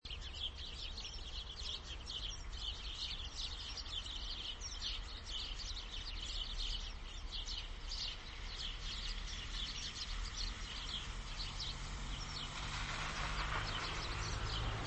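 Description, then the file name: House sparrow, many rapid, irregular chirps over a low background hum; a broad rushing noise swells in the final few seconds. "Passer domesticus"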